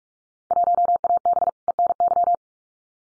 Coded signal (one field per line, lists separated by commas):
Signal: Morse code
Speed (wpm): 44 wpm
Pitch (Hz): 700 Hz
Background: none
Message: 1AB ENY